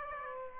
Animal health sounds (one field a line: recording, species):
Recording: mosquito wingbeat signal from an infrared sensor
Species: Aedes aegypti